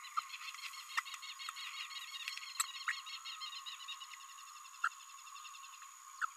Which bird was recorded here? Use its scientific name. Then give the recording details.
Forpus passerinus. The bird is a male. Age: 27 days. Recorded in a nest box in Venezuela. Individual 17B32A6